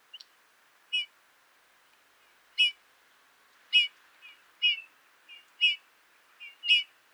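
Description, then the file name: Eurasian bullfinch calls: clear piping whistles at uneven intervals, with quieter short notes in between. "Goudvink Pyrrhula pyrrhula"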